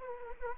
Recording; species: mosquito wingbeat signal from an infrared sensor; Anopheles arabiensis